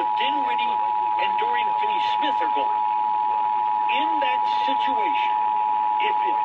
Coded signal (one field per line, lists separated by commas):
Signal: Emergency Alert System (SAME) tones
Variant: 853 and 960 Hz attention tone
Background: speech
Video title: February 2023 Texas Required Monthly Test (EAS #286-295)